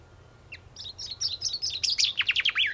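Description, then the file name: Common chaffinch song: a series of high chirping notes leading into a brighter, faster descending rattle. "Fringilla coelebs"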